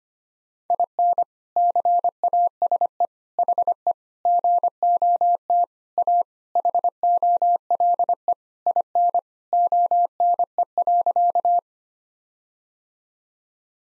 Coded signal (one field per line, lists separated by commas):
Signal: Morse code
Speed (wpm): 25 wpm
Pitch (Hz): 700 Hz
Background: none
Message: IN CASE HE GOT A HOLE IN ONE.